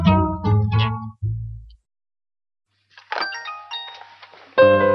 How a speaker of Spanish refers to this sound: Está sonando el teléfono, suena. Atiéndalo. Eso es bueno que suene. Eso es bueno, teléfono.